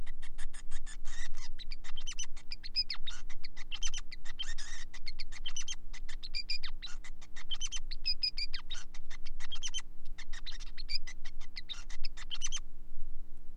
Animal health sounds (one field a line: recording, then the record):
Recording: song of a male Bengalese finch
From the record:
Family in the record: son of father 5